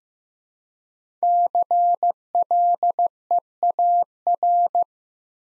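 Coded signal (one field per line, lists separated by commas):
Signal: Morse code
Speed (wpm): 15 wpm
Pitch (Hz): 700 Hz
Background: none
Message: CLEAR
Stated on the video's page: 15wpm practice drill of five-letter words, each sent twice in Morse for head-copy practice.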